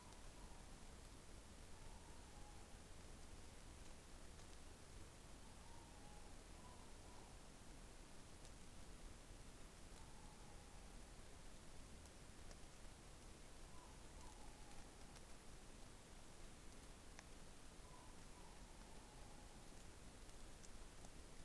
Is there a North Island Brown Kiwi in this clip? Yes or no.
no